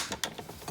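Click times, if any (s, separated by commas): 0.2 s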